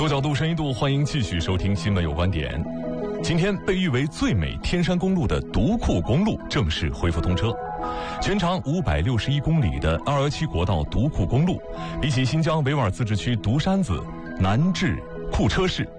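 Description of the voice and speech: Steady, fluent Mandarin from a male news presenter, clear voice with almost no pauses; ordinary speech.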